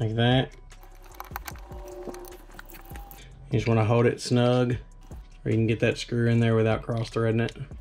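Someone talks while starting the spring-loaded tension screw into the aluminum extruder lever arm of an Ender 5 Plus Pro extruder upgrade with a Capricorn Bowden tube, taking care not to cross-thread it. Between about 1.2 and 3.1 seconds there are faint, sharp handling ticks and taps, with speech before and after. The screw is only catching its thread, and nothing has seated or clicked yet.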